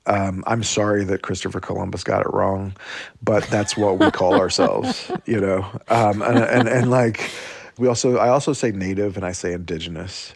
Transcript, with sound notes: I'm sorry that Christopher Columbus got it wrong.
(Laughter).
But that's what we call ourselves, you know? And, like, we also - I also say Native, and I say Indigenous.